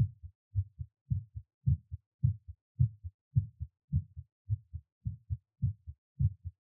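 A heartbeat heard right after a workout, fast at about 107 beats per minute, with paired low-pitched lub-dub sounds.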